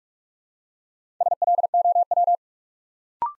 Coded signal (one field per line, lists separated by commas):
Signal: Morse code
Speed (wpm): 47 wpm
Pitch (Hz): 700 Hz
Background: none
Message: SLOW